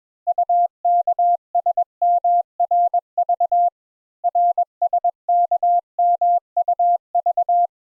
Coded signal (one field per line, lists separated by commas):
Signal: Morse code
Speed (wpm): 21 wpm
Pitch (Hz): 700 Hz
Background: none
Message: UKSMRV RSKMUV